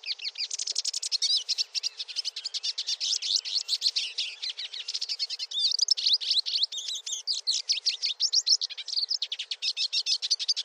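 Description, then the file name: Finch song: a steady flow of quick, high tinkling twitters mixed with buzzy, scratchy trills, rolling on without a break. "canto do pintassilgo"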